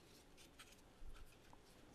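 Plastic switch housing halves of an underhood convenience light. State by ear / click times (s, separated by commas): not seated / none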